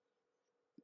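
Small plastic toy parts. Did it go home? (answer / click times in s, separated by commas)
no / none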